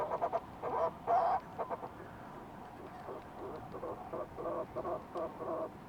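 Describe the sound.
Fulmar prion calls: loud stuttering croaks at first, then quieter pulsed chattering.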